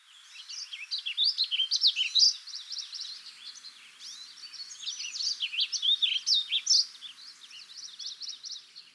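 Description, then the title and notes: Warbling Vireo song: a rapid, continuous run of rolling, high warbled notes that rise and fall, fading briefly midway before surging again; no other clear sounds. Song recorded in Montana, USA. "El canto del vireo gorjeador que acompaña este podcast grabé yo en el Estado de Montana, EE.UU."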